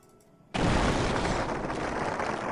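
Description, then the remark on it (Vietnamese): A sudden massive explosion erupts after a moment of quiet, then rolls on as a sustained, loud roaring rumble that barely fades, like several huge blasts merging together: four old, battered warships exploding into huge fireballs. “4 tiếng nổ vang kinh thiên động địa, tàu chiến hạm cũ nát đã lập tức biến thành 4 quả cầu lửa cực lớn ngay trước mặt Trác Thiên Tướng.”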